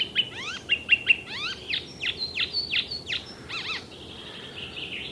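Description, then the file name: Icterine warbler song, sweeping notes with bright accents run into harsher notes and a thin trailing whistle. "zelen peresm"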